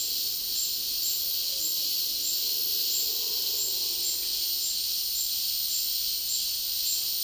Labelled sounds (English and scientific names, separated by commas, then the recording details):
none
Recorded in dense forest near Puerto Asís, Putumayo, Colombia, on 20 February 2024 at 11:00
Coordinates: 0.485, -76.318
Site G6408